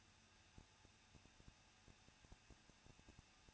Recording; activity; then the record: daily activity, microphone in the room; no activity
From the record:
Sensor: 2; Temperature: 21.0 degrees Celsius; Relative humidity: 37.3%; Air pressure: 1006.3 hPa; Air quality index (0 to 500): 220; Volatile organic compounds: 23 ppm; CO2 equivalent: 2782 ppm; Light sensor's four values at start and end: 2/3/2/2 and 2/3/2/2